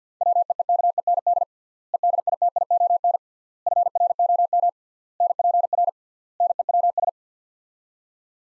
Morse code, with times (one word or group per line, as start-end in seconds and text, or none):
0.2-1.4 WEEKEND
1.9-3.2 EDITION
3.7-4.7 FROM
5.2-5.9 NPR
6.4-7.1 NEWS